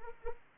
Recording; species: mosquito wingbeat signal from an infrared sensor; Anopheles arabiensis